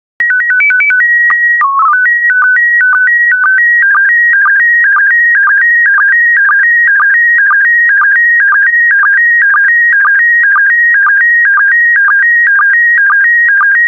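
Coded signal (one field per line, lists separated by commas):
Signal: SSTV (slow-scan television)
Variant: PD 120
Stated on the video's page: SSTV PD120 images of birds sent as decoding practice.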